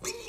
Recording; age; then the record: pig call; weaner (32 to 43 days)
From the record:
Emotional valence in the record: negative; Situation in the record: short isolation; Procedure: open field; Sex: female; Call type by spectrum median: high-frequency call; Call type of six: high-frequency stable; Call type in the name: high-frequency stable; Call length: 0.29 s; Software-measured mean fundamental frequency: 437 Hz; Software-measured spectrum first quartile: 1068 Hz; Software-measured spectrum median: 3335 Hz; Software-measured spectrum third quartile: 6457 Hz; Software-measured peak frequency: 451 Hz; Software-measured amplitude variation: 155 dB a second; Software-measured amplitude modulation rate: 10.2 a second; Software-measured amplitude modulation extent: 15.1 dB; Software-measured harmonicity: 3.5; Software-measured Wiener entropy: -2.16